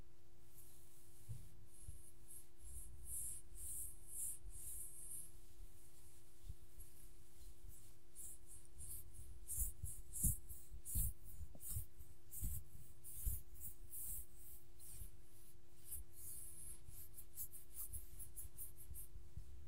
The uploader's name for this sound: Petting My Dog - Scratching, Licking, and Eating Sounds